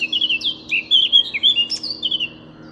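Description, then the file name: Eurasian blackcap phrase, a rapid warbling run of varied chirpy notes lasting about two seconds, then quiet with faint low hum. "Sylvia atricapilla"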